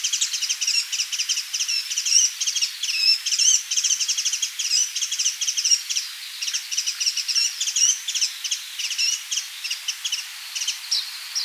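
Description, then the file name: Asian brown flycatcher calling in fast, thin, high twitters that run almost without pause, with a few slurred whistled notes mixed in. "Muscicapa dauurica"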